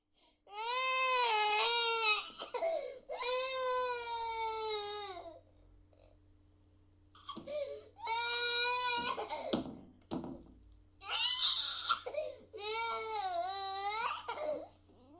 Baby Crying.